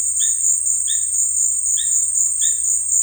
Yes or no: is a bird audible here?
no